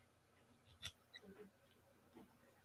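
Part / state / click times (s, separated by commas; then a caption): shock part (likely bladder or cap) into an RC car shock body / seated / 0.9 s. A part, possibly the bladder or cap, is slowly worked down around a cotton swab into the shock body of an XRAY T4 RC car during shock assembly. A single sharp click at 0.9 s marks the part seating in the shock body, followed by a few softer handling sounds near 1.2, 1.4 and 2.2 s. The part is seated.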